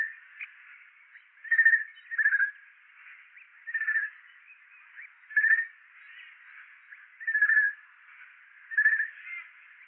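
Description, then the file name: Eurasian jay calls: brief, hoarse notes repeated roughly every one to two seconds, some in quick pairs, against an otherwise quiet background. "Garrulus glandarius"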